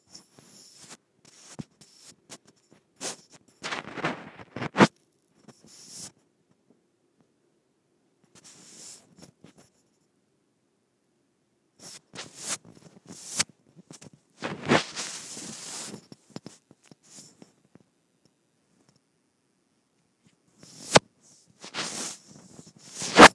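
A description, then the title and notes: A microphone rubbed against skin gives short scratchy bursts of friction, bright and papery, in irregular clusters. The busiest stretches come around 3–5 seconds, 12–16 seconds, and 21–23 seconds, with near silence between them. ASMR Rubbing Microphone on my Skin.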